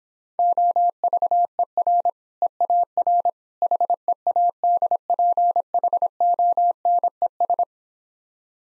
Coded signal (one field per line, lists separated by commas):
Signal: Morse code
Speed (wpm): 26 wpm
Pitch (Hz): 700 Hz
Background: none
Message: OVER EAR HEADPHONES